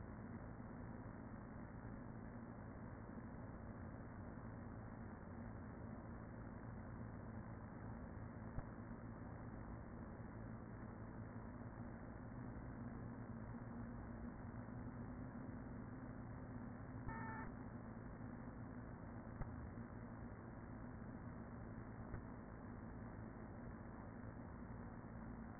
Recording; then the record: honeybee colony, microphone inside the hive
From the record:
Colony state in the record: queen present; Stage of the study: after two queens were removed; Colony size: about 40,000 bees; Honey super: no